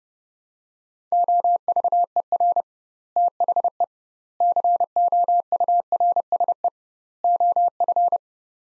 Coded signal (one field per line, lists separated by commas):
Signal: Morse code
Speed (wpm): 32 wpm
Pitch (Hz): 700 Hz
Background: none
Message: OVER THE COURSE OF